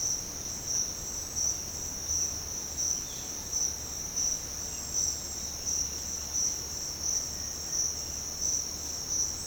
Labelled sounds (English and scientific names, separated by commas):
none